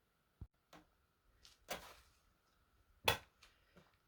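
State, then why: Seated. A metal part of a homemade barbecue grill is slid into welded-on steel guide rails, with short knocks and a scraping slide over the first two seconds. At 3.1 s it drops into place with a loud metallic clank, seated in the guides, though fitting it took some help from a hammer.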